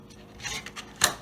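A detachable Nintendo Switch game controller is slid awkwardly with one hand into its plastic handheld grip, making soft scraping and sliding sounds. It seats with a sharp, loud snap at 1.0 s.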